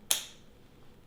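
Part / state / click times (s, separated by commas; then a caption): plastic guard comb onto hair clipper / seated / 0.1 s. A number two plastic guard comb is pushed onto a hair clipper blade and snaps into place at 0.1 s. It makes a single sharp, bright click that fades quickly into quiet background hiss, and the guard is seated securely.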